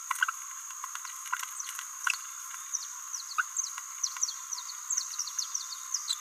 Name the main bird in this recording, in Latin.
Forpus passerinus